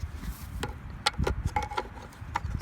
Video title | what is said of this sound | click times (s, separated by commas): Metal Detecting fun with vintage Garrett ADS DeepSeeker • MD#126 | got a little prongs here that have to slide in snap into place all right | 1.1 s